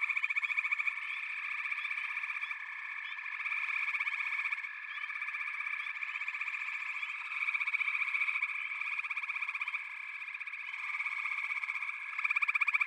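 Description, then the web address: Frog chorus: a thick, unbroken wall of trills that rises and falls in loudness several times, with pulsed calls coming through most clearly at the end. A chorus of frogs calling together. "Echoes of Nature - Frog Chorus"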